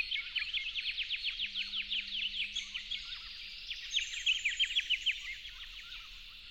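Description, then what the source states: Yellow-faced honeyeater song: fast run of clipped, bright chirps repeated several times a second, pausing briefly, then resuming, with a faint low hum underneath. At dawn, dated 08/01/12.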